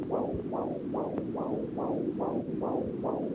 Foetal heart beat as heard from region of umbilical cord.